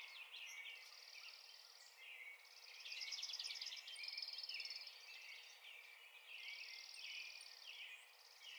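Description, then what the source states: Dark-eyed junco singing level, rapid trills repeated several times, amid a busy chorus of other chirping and twittering birds. Recorded 16 April 2021.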